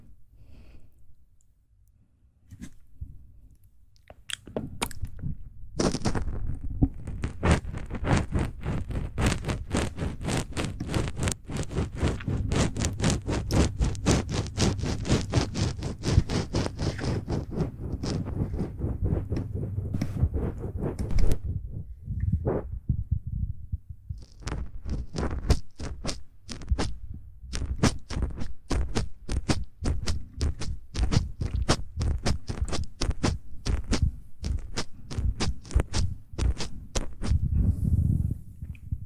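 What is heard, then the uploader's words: Soft mouth sounds: rapid wet clicks and smacks packed densely into a steady stream, with a low muffled thump underneath. After a nearly silent opening, the clicking runs from about five seconds on, pausing briefly near twenty-two seconds before resuming with slightly sparser pops. ASMR Soft Mouth Sounds.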